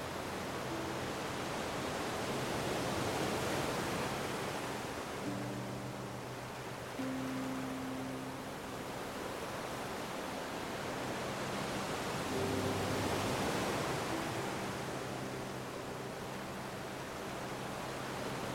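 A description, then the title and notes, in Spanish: Ocean surf rushes in a dense, steady wash that swells and eases in slow waves, cresting around the seventh and thirteenth seconds. Beneath it, soft low sustained music tones come and go, mostly from about five seconds onward, half buried by the water. Sonido del OCEÁNO y MÚSICA Suave.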